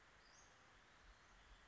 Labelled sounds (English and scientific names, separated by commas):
Western Flycatcher (Empidonax difficilis)